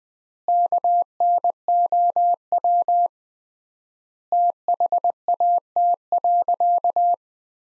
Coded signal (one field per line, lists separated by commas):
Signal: Morse code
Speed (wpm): 20 wpm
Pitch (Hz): 700 Hz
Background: none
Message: KNOW THAT.